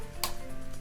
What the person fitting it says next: Click. Perfect. Always double check.